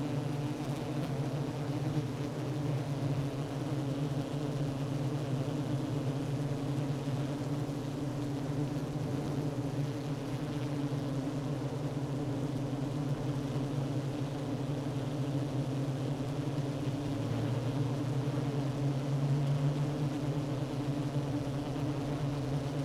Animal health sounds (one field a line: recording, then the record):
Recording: honeybee colony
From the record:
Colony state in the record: active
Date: 12 June 2018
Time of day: 10:35